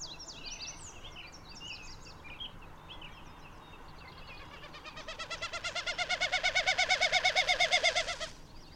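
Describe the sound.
Bird song: scattered high chirps from other birds first, then a rapid series of nasal notes swelling louder for about three seconds and ending abruptly.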